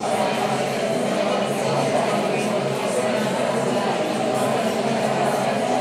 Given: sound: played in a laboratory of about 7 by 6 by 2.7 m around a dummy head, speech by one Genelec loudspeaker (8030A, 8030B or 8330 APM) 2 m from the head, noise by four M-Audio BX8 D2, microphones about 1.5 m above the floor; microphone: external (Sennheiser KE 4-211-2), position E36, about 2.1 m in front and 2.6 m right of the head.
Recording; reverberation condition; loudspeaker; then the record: babble noise; high; four, about 170 cm from the corners of the room and facing them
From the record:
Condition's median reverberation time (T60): about 1300 ms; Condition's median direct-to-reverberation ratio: about -4.0 dB